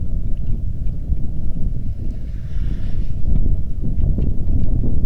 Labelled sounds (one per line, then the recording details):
wind
rain
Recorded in the Arctic National Wildlife Refuge, Alaska, on 3 August 2019 at 09:12
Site 46